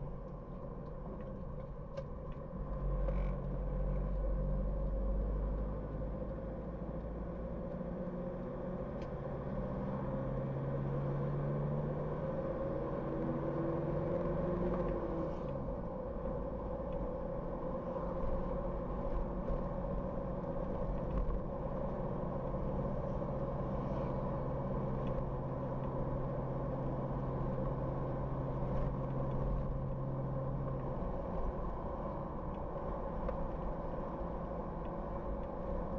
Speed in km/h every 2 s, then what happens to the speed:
33, 31, 30, 35, 40, 48, 51, 58, 60, 62, 66, 67, 68, 69, 70, 70, 69, 68.
4-20 speeds up to 66. 20-36 steady at about 68.